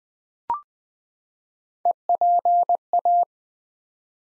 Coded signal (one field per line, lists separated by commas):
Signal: Morse code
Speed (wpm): 20 wpm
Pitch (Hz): 700 Hz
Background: none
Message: EPA